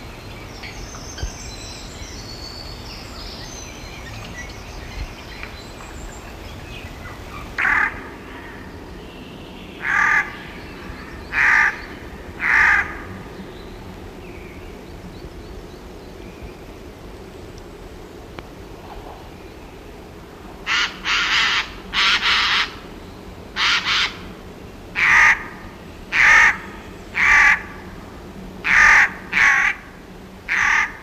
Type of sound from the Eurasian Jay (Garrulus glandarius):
song